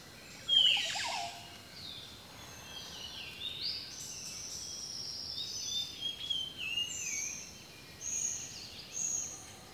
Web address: The Natural Sounds of the Wilderness Echoes of Nature - Rainforest Birdsong